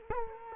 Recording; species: mosquito wingbeat signal from an infrared sensor; Culex quinquefasciatus